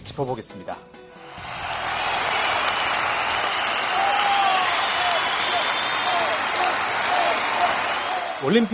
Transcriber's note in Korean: 녹취: 경기장 관중 함성